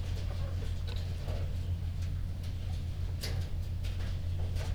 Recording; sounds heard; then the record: poultry house recording; healthy chickens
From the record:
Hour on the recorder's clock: 2